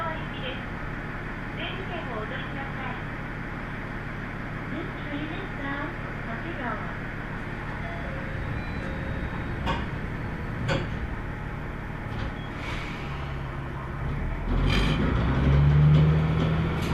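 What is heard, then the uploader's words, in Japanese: A Tenryu Hamanako Railway train ride hums steadily under murmured voices, with sharp clicks near ten seconds and a louder rumbling swell toward the end. 天竜浜名湖鉄道 都田→天竜二俣。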